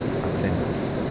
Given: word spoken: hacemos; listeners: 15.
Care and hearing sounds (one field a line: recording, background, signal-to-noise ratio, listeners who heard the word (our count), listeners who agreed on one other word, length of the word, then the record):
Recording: one Spanish word in noise, from a listening test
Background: speech-shaped noise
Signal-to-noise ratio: -5.1 dB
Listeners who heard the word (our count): 6 of 15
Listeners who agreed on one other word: 7 of 15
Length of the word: 0.71 s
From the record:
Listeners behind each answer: 7, 6, 1, 1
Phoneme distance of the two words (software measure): 17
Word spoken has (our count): 3 syllables, 6 phonemes, stress on syllable 2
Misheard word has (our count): 3 syllables, 7 phonemes, stress on syllable 2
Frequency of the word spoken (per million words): 29.81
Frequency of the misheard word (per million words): 2.78